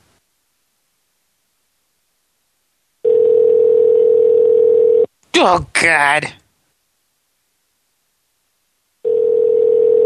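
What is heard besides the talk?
telephone ringback tone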